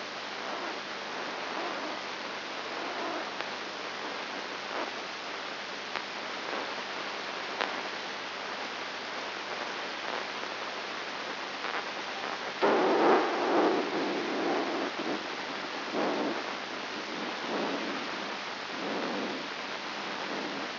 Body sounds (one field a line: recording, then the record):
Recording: brain microelectrode recording played as sound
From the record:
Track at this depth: inside the subthalamic nucleus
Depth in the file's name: 3.301 mm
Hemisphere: left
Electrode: 2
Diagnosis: Parkinson's disease